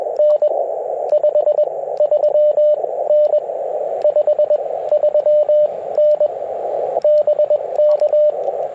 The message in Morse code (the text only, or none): N 53N 53N BK